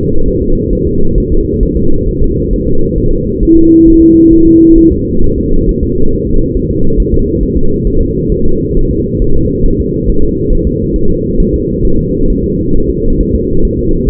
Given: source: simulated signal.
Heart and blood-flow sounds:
fetal heart sounds
0.28 s: S1
0.42 s: S2
0.73 s: S1
0.87 s: S2
1.18 s: S1
1.32 s: S2
1.63 s: S1
1.77 s: S2
2.08 s: S1
2.22 s: S2
2.53 s: S1
2.68 s: S2
2.98 s: S1
3.12 s: S2
3.43 s: S1
3.57 s: S2
3.88 s: S1
4.02 s: S2
4.33 s: S1
4.47 s: S2
4.78 s: S1
4.92 s: S2
5.24 s: S1
5.38 s: S2
5.69 s: S1
5.83 s: S2
6.13 s: S1
6.27 s: S2
6.56 s: S1
6.71 s: S2
7.00 s: S1
7.14 s: S2
7.43 s: S1
7.57 s: S2
7.87 s: S1
8.01 s: S2
8.32 s: S1
8.46 s: S2
8.77 s: S1
8.91 s: S2
9.22 s: S1
9.36 s: S2
9.66 s: S1
9.80 s: S2
10.09 s: S1
10.23 s: S2
10.53 s: S1
10.67 s: S2
10.96 s: S1
11.10 s: S2
11.40 s: S1
11.54 s: S2
11.85 s: S1
11.99 s: S2
12.30 s: S1
12.44 s: S2
12.75 s: S1
12.90 s: S2
13.20 s: S1
13.34 s: S2
13.65 s: S1
13.79 s: S2
14.09 s: S1
From the record:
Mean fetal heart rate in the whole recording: 135 bpm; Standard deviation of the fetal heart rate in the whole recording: 3 bpm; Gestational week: 36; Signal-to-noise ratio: -19.1 dB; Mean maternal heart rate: 72 bpm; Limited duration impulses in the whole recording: present

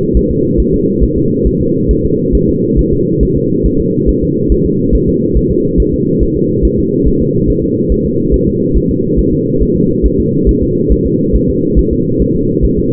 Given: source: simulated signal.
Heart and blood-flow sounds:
fetal heart sounds
0.17 s: S1
0.31 s: S2
0.60 s: S1
0.74 s: S2
1.03 s: S1
1.18 s: S2
1.47 s: S1
1.61 s: S2
1.91 s: S1
2.05 s: S2
2.35 s: S1
2.49 s: S2
2.79 s: S1
2.93 s: S2
3.23 s: S1
3.37 s: S2
3.66 s: S1
3.80 s: S2
4.09 s: S1
4.23 s: S2
4.52 s: S1
4.66 s: S2
4.95 s: S1
5.09 s: S2
5.37 s: S1
5.51 s: S2
5.80 s: S1
5.94 s: S2
6.23 s: S1
6.37 s: S2
6.65 s: S1
6.79 s: S2
7.08 s: S1
7.22 s: S2
7.50 s: S1
7.64 s: S2
7.92 s: S1
8.06 s: S2
8.34 s: S1
8.48 s: S2
8.77 s: S1
8.91 s: S2
9.19 s: S1
9.34 s: S2
9.62 s: S1
9.77 s: S2
10.06 s: S1
10.20 s: S2
10.49 s: S1
10.63 s: S2
10.92 s: S1
11.07 s: S2
11.35 s: S1
11.50 s: S2
11.79 s: S1
11.93 s: S2
12.22 s: S1
12.36 s: S2
12.65 s: S1
12.79 s: S2
From the record:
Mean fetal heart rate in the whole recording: 140 bpm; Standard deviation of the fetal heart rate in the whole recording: 2 bpm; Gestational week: 34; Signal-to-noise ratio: -11.2 dB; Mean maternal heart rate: 72 bpm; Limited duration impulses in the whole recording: present

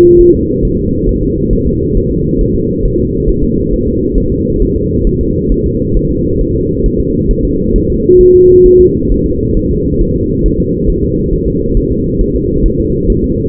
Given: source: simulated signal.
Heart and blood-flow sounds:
fetal heart sounds
0.21 s: S1
0.35 s: S2
0.65 s: S1
0.79 s: S2
1.09 s: S1
1.23 s: S2
1.53 s: S1
1.67 s: S2
1.97 s: S1
2.11 s: S2
2.41 s: S1
2.56 s: S2
2.85 s: S1
3.00 s: S2
3.29 s: S1
3.44 s: S2
3.74 s: S1
3.88 s: S2
4.18 s: S1
4.32 s: S2
4.62 s: S1
4.76 s: S2
5.07 s: S1
5.21 s: S2
5.52 s: S1
5.66 s: S2
5.97 s: S1
6.11 s: S2
6.41 s: S1
6.56 s: S2
6.86 s: S1
7.00 s: S2
7.31 s: S1
7.45 s: S2
7.76 s: S1
7.90 s: S2
8.21 s: S1
8.35 s: S2
8.66 s: S1
8.80 s: S2
9.12 s: S1
9.26 s: S2
9.57 s: S1
9.71 s: S2
10.01 s: S1
10.16 s: S2
10.46 s: S1
10.60 s: S2
10.90 s: S1
11.04 s: S2
11.33 s: S1
11.48 s: S2
11.77 s: S1
11.91 s: S2
12.21 s: S1
12.35 s: S2
12.66 s: S1
12.80 s: S2
13.10 s: S1
13.24 s: S2
From the record:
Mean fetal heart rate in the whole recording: 135 bpm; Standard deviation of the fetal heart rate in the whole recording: 3 bpm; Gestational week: 36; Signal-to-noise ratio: -14.7 dB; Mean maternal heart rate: 72 bpm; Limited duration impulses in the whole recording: present

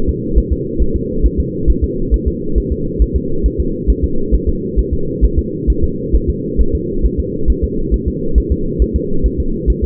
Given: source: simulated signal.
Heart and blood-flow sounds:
fetal heart sounds
0.09 s: S2
0.38 s: S1
0.52 s: S2
0.82 s: S1
0.96 s: S2
1.26 s: S1
1.40 s: S2
1.70 s: S1
1.84 s: S2
2.14 s: S1
2.28 s: S2
2.58 s: S1
2.72 s: S2
3.02 s: S1
3.16 s: S2
3.46 s: S1
3.60 s: S2
3.90 s: S1
4.04 s: S2
4.35 s: S1
4.49 s: S2
4.79 s: S1
4.93 s: S2
5.24 s: S1
5.39 s: S2
5.70 s: S1
5.84 s: S2
6.16 s: S1
6.30 s: S2
6.61 s: S1
6.75 s: S2
7.05 s: S1
7.20 s: S2
7.50 s: S1
7.64 s: S2
7.94 s: S1
8.08 s: S2
8.38 s: S1
8.52 s: S2
8.82 s: S1
8.96 s: S2
9.26 s: S1
9.40 s: S2
9.70 s: S1
9.84 s: S2
From the record:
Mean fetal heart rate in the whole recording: 135 bpm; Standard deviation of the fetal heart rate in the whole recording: 3 bpm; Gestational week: 34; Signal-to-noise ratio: -8.1 dB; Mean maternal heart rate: 72 bpm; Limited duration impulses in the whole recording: absent

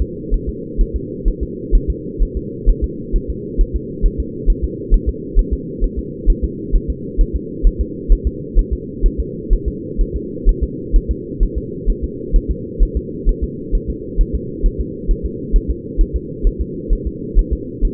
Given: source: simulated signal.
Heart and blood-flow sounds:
fetal heart sounds
0.02 s: S2
0.34 s: S1
0.49 s: S2
0.81 s: S1
0.96 s: S2
1.28 s: S1
1.43 s: S2
1.75 s: S1
1.90 s: S2
2.23 s: S1
2.37 s: S2
2.69 s: S1
2.84 s: S2
3.16 s: S1
3.30 s: S2
3.61 s: S1
3.76 s: S2
4.06 s: S1
4.20 s: S2
4.50 s: S1
4.64 s: S2
4.94 s: S1
5.09 s: S2
5.39 s: S1
5.53 s: S2
5.84 s: S1
5.99 s: S2
6.30 s: S1
6.44 s: S2
6.75 s: S1
6.90 s: S2
7.21 s: S1
7.36 s: S2
7.67 s: S1
7.81 s: S2
8.12 s: S1
8.27 s: S2
8.59 s: S1
8.73 s: S2
9.06 s: S1
9.20 s: S2
9.53 s: S1
9.68 s: S2
10.01 s: S1
10.16 s: S2
10.49 s: S1
10.63 s: S2
10.96 s: S1
11.11 s: S2
11.43 s: S1
11.58 s: S2
11.90 s: S1
12.04 s: S2
12.36 s: S1
12.51 s: S2
12.83 s: S1
12.97 s: S2
13.29 s: S1
13.44 s: S2
13.75 s: S1
13.90 s: S2
14.21 s: S1
14.35 s: S2
14.66 s: S1
14.81 s: S2
15.11 s: S1
15.25 s: S2
15.56 s: S1
15.71 s: S2
16.01 s: S1
16.16 s: S2
16.47 s: S1
16.61 s: S2
16.93 s: S1
17.07 s: S2
17.39 s: S1
17.53 s: S2
17.85 s: S1
From the record:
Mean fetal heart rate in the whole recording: 130 bpm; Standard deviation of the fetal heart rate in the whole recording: 2 bpm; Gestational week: 38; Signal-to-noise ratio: -4.1 dB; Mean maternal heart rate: no maternal heart sound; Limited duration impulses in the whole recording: absent

